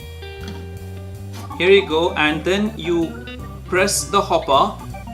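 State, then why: Not seated. Someone talks while handling the plastic bean hopper of a Baratza coffee grinder, lining its silver tab up with the triangle on the grinder body before pressing it down, with steady musical tones playing underneath. The clip ends before the hopper goes home, so nothing has seated or clicked yet.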